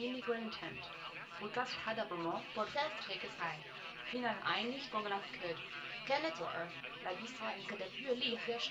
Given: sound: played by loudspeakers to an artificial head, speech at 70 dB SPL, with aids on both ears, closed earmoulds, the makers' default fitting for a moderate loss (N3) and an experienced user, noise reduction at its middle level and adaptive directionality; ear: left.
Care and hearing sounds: speech test signal (ISTS) in cocktail-party noise; +9 dB; on the right (90 degrees)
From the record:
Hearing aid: class 1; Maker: F

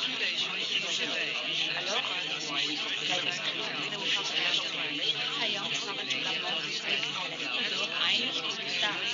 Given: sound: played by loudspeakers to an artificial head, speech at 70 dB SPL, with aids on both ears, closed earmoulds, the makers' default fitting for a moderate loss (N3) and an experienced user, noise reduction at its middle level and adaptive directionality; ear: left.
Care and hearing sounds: speech test signal (ISTS) in cocktail-party noise; -6 dB; in front (0 degrees)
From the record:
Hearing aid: class 1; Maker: G

